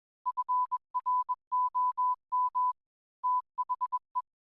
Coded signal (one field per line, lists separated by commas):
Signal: Morse code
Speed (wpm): 21 wpm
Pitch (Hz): 1000 Hz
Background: none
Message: FROM THE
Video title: DATV Experimenter's Night - Auroral Propagation on 6m & 2m Update with VK7MO